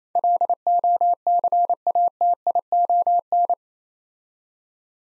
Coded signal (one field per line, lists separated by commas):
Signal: Morse code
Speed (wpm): 27 wpm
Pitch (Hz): 700 Hz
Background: none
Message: LOCATION